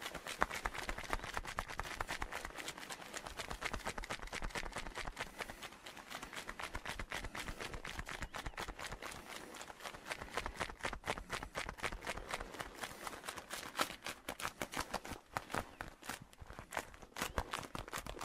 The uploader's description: the gentle sounds of his leather coat and a beautiful land octopus